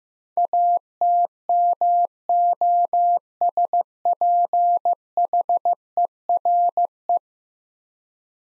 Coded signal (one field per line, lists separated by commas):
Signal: Morse code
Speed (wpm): 15 wpm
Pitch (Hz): 700 Hz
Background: none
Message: ATMOSPHERE